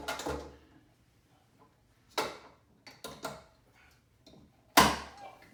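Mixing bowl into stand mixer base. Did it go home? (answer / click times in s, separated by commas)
yes / 4.8 s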